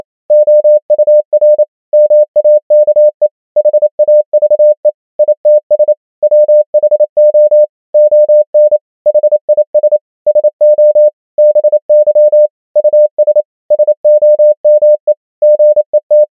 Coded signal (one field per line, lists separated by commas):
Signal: Morse code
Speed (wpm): 28 wpm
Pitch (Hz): 600 Hz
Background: none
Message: OUR MAKE HAVE ITS WHO ON HIS SO BY US SOME GET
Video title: morse code practice | 28wpm | 100 most common words | ENGLISH